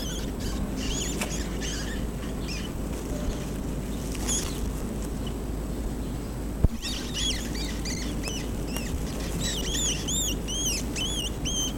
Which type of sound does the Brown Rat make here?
call